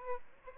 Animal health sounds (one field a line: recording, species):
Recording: mosquito wingbeat signal from an infrared sensor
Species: Aedes albopictus